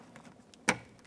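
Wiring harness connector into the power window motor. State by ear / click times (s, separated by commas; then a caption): seated / 0.7 s. A plastic wiring harness connector is pushed onto the power window motor of a 2004–2015 Nissan Titan after the regulator mounting bolts are snugged. Faint ticks are heard at 0.2 and 0.5 seconds, then one sharp, loud click at 0.7 seconds. The connector is seated.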